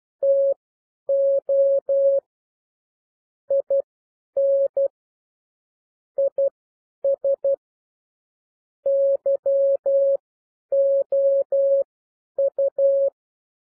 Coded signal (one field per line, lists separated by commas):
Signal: Morse code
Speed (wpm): 12 wpm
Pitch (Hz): 550 Hz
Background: none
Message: TO IN IS YOU